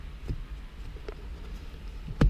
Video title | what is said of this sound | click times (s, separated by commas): 2019 Mustang GT Diode Dynamics LEDs Install | this top just snaps right in | 2.2 s